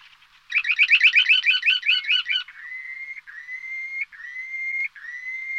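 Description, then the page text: Purple sandpiper giving a quick rattling trill, then four drawn-out whistled notes that rise slightly, each separated by a short gap. Chirping. "Purple Sandpipers Chirping. Quick Sounds library"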